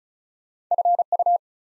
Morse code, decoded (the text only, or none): FU